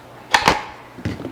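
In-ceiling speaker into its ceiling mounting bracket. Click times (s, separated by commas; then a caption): 0.3 s, 0.5 s. A Focal 300 ICW8 in-ceiling speaker baffle is pushed into its ceiling mounting bracket, which is clamped onto a sheetrock mock-up. Two sharp, loud hits at 0.3 s and 0.5 s mark it locking into place, followed by a softer knock at about 1.1 s. The speaker is seated in the bracket.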